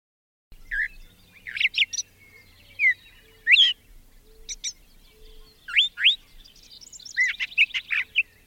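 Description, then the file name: Brown thrasher song of varied whistled and slurred phrases, several given in pairs, spaced by brief pauses. "suara kicauan brown thraser. omkicau"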